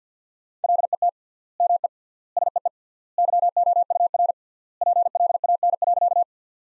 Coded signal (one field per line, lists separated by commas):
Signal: Morse code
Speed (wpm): 50 wpm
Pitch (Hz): 700 Hz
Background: none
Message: LET ME SEE YOUR PLAN.